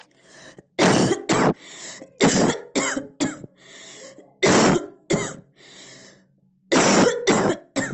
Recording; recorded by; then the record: voluntary cough; messaging app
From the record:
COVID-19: negative